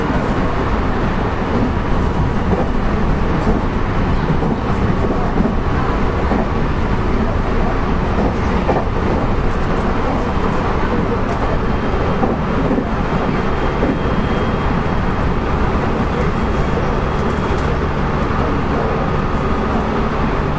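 Recorded aboard a Kobe Line special rapid train, a steady low rumble of the moving train fills the clip without a break. The noise stays dense and even throughout, with faint rattles and brief higher squeaks surfacing now and then.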